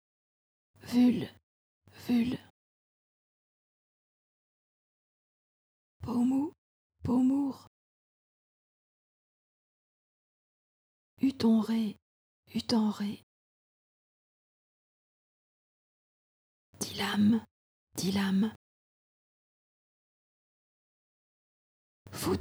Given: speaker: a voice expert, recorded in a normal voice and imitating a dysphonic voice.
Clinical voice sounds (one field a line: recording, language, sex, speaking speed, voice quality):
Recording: pseudo-word pairs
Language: French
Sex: female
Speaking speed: fast speed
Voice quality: dysphonic voice